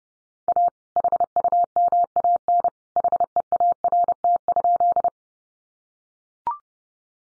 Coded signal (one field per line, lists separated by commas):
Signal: Morse code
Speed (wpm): 30 wpm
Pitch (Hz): 700 Hz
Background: none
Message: A HUMAN HEART?